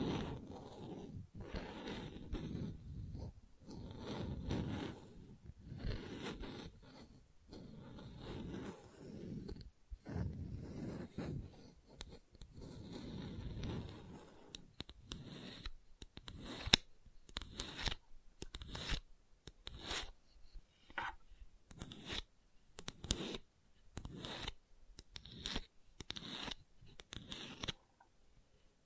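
Gentle scratching runs throughout, a soft, rough rasp repeated in short strokes. For the first fifteen seconds the strokes blur into a fuller, lower rubbing. After that they come apart into separate crisp scrapes with brief silences between them, each one sharp and bright.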